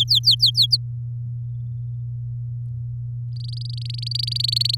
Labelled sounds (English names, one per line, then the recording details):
Domestic Canary song
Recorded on 8 May 2018 at 14:25
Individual llb16